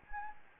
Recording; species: mosquito wingbeat signal from an infrared sensor; Anopheles gambiae